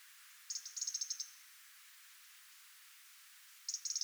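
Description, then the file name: European robin calling with two quick rattling bursts of high ticks, the first longer, separated by about two and a half seconds of quiet hiss. "Erithacus rubecula"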